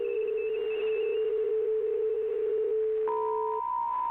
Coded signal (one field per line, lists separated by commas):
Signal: PSK63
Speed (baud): 62.5 baud